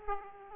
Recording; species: mosquito wingbeat signal from an infrared sensor; Aedes aegypti